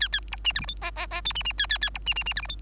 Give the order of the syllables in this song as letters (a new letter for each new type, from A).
A A B C D E F G G G H C C A A A B C C C D E F